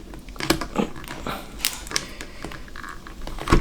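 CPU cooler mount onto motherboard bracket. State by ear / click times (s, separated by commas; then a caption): seated / 1.6 s. A CPU cooler's mounting piece on a Ryzen 3700X gaming PC build is twisted and pushed down onto the motherboard bracket, with several sharp clicks and knocks around 0.4 to 0.6 s, 2.0 s and 3.5 s. It snaps in with a loud click at 1.7 s, and the cooler mount is seated and locked.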